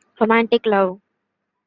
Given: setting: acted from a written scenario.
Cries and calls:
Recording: vocal sound without words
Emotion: romantic love

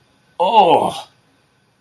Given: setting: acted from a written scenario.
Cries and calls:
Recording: vocal sound without words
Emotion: disgust

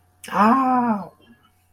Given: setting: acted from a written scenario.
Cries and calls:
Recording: vocal sound without words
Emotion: pain

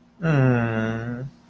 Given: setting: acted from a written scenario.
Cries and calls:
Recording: vocal sound without words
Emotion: adoration

